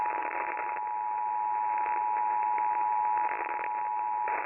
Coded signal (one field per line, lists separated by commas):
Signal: Emergency Alert System (SAME) tones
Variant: 853 and 960 Hz attention tone